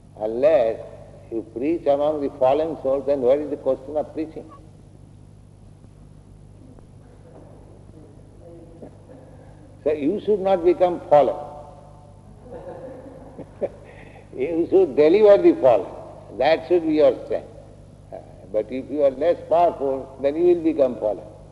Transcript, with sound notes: Unless you preach among the fallen souls, then where is the question of preaching? So you should not become fallen. [laughs] You should deliver the fallen. That should be your strength. But if you are less powerful, then you will become fallen.